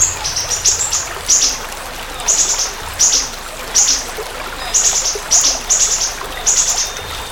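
Siri-siri bird song: short, very high, sibilant chirping bursts repeated at short intervals, some in quick clusters.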